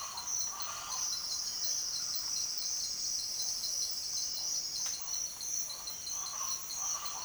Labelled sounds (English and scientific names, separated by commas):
Speckled Chachalaca (Ortalis guttata)